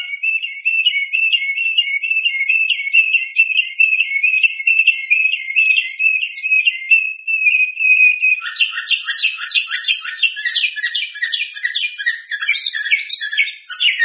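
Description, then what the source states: Bird pours out a long, fast high trill for eight seconds, then shifts into a busier chatter of clipped notes jumping between high and lower pitches. Masteran tutor recording.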